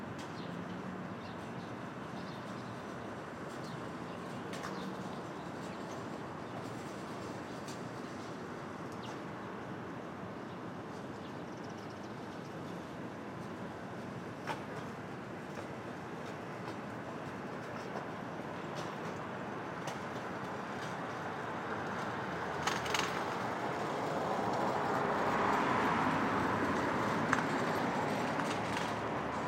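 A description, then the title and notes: Street traffic at dawn in Brooklyn, a steady low rumble of passing vehicles filling the whole clip. Occasional brief clicks and knocks break through, and near the end a heavier vehicle swells louder with a brighter hiss before easing slightly. Brooklyn Dawn, 4 - 17 - 20, Street Traffic II.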